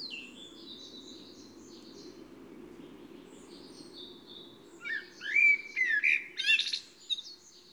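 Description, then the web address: Eurasian blackbird song: faint high trills give way to one loud phrase of fluty whistles and squeaky twittering near the end, over low background noise. "SETE data Turdus merula"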